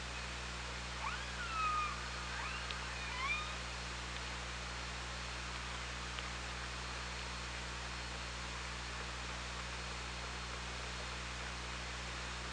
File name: Orca Lab UTLN JASON 20170824 165429 h 3 PI ORCALABDYNI